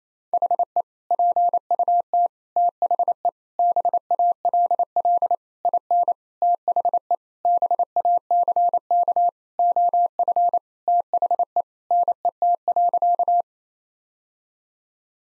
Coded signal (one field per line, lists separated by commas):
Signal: Morse code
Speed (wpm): 28 wpm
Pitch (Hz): 700 Hz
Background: none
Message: HE PUT THE BALL IN THE BACK OF THE NET.